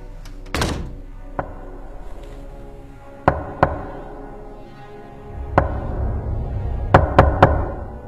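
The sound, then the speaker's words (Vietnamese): Sharp knocks on a dormitory room door at night come in scattered single raps, then a quick run of three near the end, over a low steady hum with no one speaking. “Đêm hôm ấy đang thiêu thiêu ngủ, ký túc xá cũng bắt đầu yên lặng trở lại, thì tự nhiên tôi nghe có tiếng gõ cửa.”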